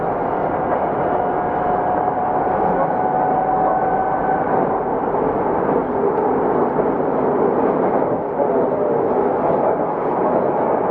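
A Yokohama Municipal Subway 3000V train runs in a steady, dense rumble, with a thin whining tone early on and faint squeals later.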